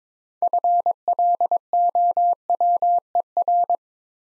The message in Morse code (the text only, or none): FLOWER